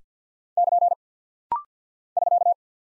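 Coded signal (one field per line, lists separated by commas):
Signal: Morse code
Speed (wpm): 48 wpm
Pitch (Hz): 700 Hz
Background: none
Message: <KN> <SK>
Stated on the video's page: Rapid-fire Morse drill of punctuation and prosign characters at 50 wpm, each sent twice, for instant character recognition.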